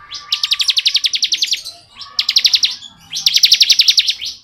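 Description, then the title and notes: Bar-winged prinia: three rapid trills of sharp, evenly spaced high notes, the first longest, with short pauses between. Song in the ngebren style, used as tutor audio for training murai batu songbirds. "Ciblek Ngebren Untuk Masteran Murai Batu. Suara burung ciblek - Suara Nada"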